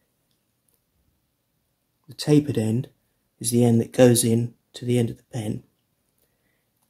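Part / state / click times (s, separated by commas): ink cartridge into fountain pen section / not seated / none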